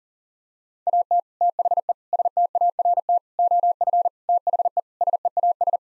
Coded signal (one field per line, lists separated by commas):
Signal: Morse code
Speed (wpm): 40 wpm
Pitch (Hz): 700 Hz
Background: none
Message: AT THE START OF THE SEAS